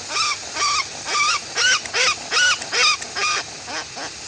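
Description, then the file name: Westland petrel song: a steady series of hoarse, arched, bleating notes, about two or three a second, fading slightly toward the end. "westland black petrel song"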